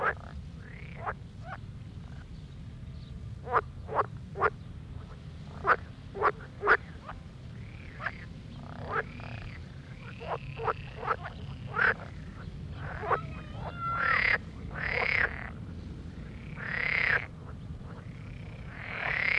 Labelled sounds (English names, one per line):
Edible Frog call